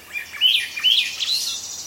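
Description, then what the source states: Swainson's thrush song, a run of clear whistled phrases that spiral upward in pitch, each note slightly higher than the last, over faint background hiss. From the Cornell Lab of Ornithology; described as a lovely ethereal sound.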